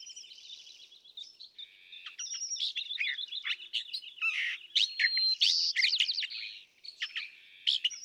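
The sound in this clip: California thrasher delivering a near-continuous jumble of phrases: rapid trills, scratchy chatter, clear slurred whistles and sharp repeated notes, shifting in pitch with only a brief pause.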